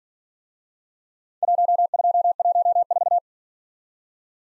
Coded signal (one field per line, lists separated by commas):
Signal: Morse code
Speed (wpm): 46 wpm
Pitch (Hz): 700 Hz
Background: none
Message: 1214